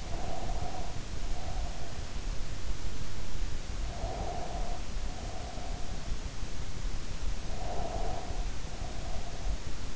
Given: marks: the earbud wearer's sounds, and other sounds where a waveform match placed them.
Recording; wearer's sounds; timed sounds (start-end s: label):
sounds in sleep by an in-ear microphone; breath
0.00-2.21 s: breath
3.73-6.04 s: breath
7.47-9.58 s: breath